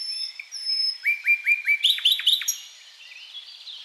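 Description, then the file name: Common nightingale song: thin high whistles, then a quick series of rising chirps, running into sharper notes before fading. "Luscinia megarhynchos"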